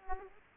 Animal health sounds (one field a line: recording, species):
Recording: mosquito wingbeat signal from an infrared sensor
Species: Aedes aegypti